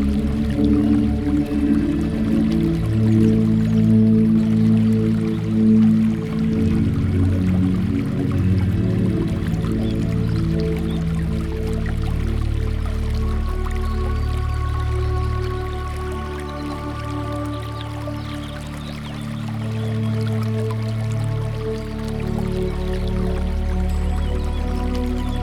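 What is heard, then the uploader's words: Water runs through a garden in a steady, unbroken flow. A strong low droning hum sits underneath, its tones shifting slowly in pitch, while faint trickles and splashes flicker above. The level stays even, dipping slightly past the midpoint. Water Running Through the Garden.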